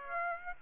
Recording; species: mosquito wingbeat signal from an infrared sensor; Aedes aegypti